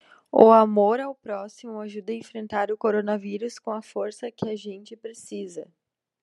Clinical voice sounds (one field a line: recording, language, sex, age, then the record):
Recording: spoken sentence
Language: Brazilian Portuguese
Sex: female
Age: 20 to 29 years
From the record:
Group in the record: control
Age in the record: 27 years